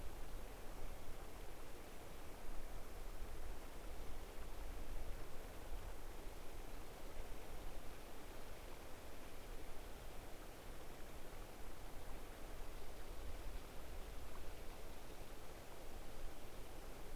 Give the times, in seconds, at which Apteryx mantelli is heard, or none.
none